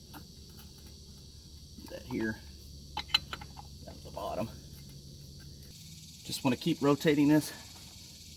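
A rubber CVT drive belt is rotated by hand onto the clutch sheaves of a 2020 Polaris RZR 1000 side-by-side during installation, with a steady insect-like hiss in the background. Someone talks while brief handling ticks and rubs are heard around 3.0 to 3.3 s. Nothing has seated or clicked yet; the belt is still being handled.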